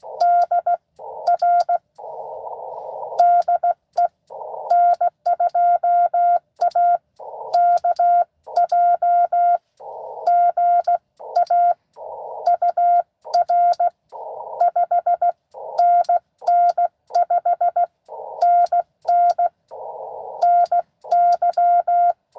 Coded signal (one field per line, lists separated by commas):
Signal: Morse code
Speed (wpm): 16 wpm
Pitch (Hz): 700 Hz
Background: none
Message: DR DE N2AKJ GA UR 5NN 5NN NY